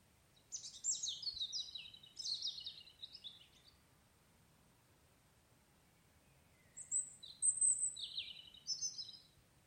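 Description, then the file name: European robin song: two bursts of high, rapid warbled and trilled phrases with squeaky notes, a long quiet gap between them. "Erithacus rubecula"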